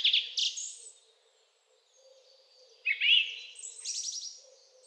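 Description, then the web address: Bird calls, a few high sharp chirps, a quiet gap, then a jumbled twitter with whistled notes, over a faint low hum. Quiet birdsong meant as background sound for video editing. "zvuk s tiha pesen na ptici za fon montaz"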